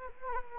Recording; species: mosquito wingbeat signal from an infrared sensor; Anopheles arabiensis